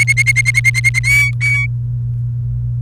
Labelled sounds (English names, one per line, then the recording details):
Domestic Canary song
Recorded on 29 April 2018 at 17:43
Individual llb3